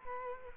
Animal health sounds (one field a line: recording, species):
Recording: mosquito wingbeat signal from an infrared sensor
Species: Culex quinquefasciatus